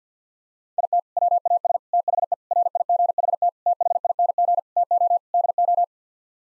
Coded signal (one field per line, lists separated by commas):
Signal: Morse code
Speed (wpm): 50 wpm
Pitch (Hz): 700 Hz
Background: none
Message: IT WAS THE RIGHT THING TO DO